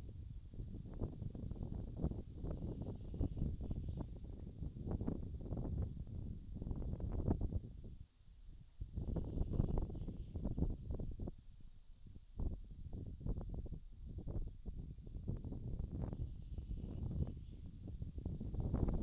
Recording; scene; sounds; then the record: everyday scene through a hearing-aid microphone; wind on the microphone; wind, birds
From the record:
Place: in front of a rural house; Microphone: in the ear canal, left